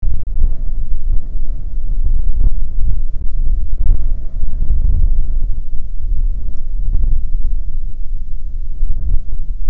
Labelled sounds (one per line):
wind